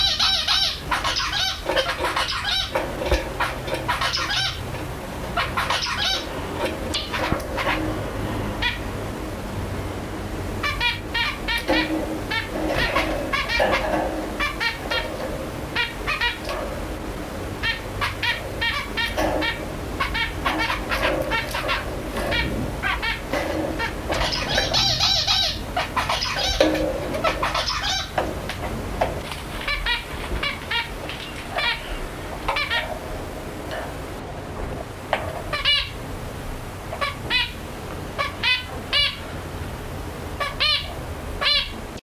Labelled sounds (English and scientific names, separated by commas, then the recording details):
Zebra Finch (Taeniopygia guttata) call
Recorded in captivity
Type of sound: call
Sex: male
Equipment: Halbspur, 9,5 cm/s
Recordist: Lütgens, Hans
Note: Männchen, bei "Helga"